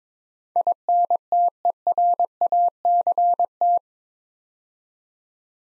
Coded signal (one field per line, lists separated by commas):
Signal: Morse code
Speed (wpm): 22 wpm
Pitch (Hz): 700 Hz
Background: none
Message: INTERACT